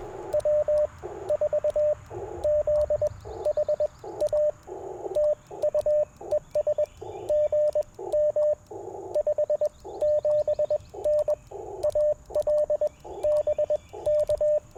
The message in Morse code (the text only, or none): W4ZHA TU ES GM 57N AL BK